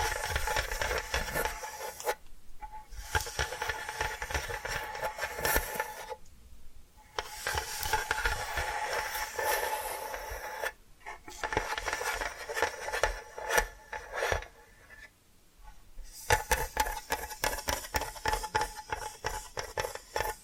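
Dense scratching and tapping runs in bursts, a crisp raspy sound packed with quick strokes, broken by short quiet gaps near 2, 6, 11 and 16 seconds.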